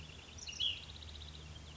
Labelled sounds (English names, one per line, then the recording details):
Ash-throated Flycatcher
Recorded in Sonoma County, California